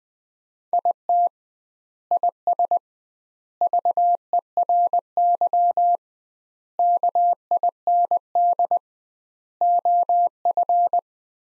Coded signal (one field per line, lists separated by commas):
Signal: Morse code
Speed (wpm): 21 wpm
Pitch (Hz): 700 Hz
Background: none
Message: IT IS VERY KIND OF